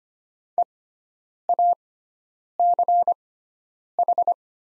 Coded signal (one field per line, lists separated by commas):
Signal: Morse code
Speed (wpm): 25 wpm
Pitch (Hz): 700 Hz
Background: none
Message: EACH